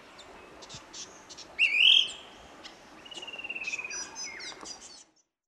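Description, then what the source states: Fan-tailed berrypecker giving a short rising squeaky note, followed by a level, rapidly pulsed note lasting about a second, with faint insect-like ticking behind. Papua New Guinea.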